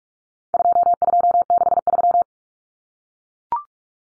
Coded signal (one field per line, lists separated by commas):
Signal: Morse code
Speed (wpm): 44 wpm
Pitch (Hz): 700 Hz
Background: none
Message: 2263